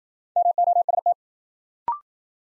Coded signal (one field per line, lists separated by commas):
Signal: Morse code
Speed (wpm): 53 wpm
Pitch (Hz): 700 Hz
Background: none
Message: MOST